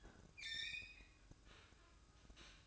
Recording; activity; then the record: daily activity, microphone in the room; open fridge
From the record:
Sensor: 2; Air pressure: 1007.6 hPa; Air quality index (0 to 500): 47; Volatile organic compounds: 1 ppm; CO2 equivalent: 559 ppm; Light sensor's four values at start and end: 10/25/10/11 and 11/25/10/11